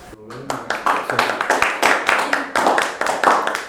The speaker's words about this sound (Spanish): Pues muchas gracias por este tiempo y esta conversación. Te doy un aplauso para...